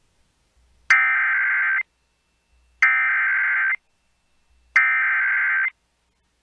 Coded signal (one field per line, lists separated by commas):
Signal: Emergency Alert System (SAME) tones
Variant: header bursts